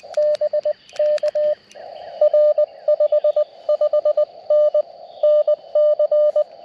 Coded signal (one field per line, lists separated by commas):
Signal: Morse code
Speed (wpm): 20 wpm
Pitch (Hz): 590 Hz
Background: radio noise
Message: BK R 55N NC